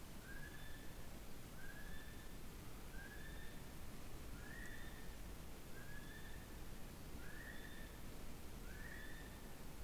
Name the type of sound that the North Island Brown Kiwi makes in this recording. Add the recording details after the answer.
male call. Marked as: faintness 3/5. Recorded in New Zealand on 8 January 2015. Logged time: 04:57. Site BX23